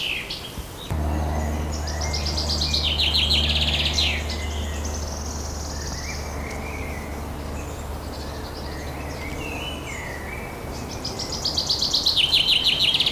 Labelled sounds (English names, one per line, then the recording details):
Common Chaffinch song
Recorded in the wild
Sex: male
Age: adult
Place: Forsthaus Dreilinden, Wannsee, Berlin, DE
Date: 1997-06-08 15:52
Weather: fair, ca. 26°C, gusty winds
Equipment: Nagra SN, Kopie Uher 4000 Report Monitor
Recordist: Tembrock, Günter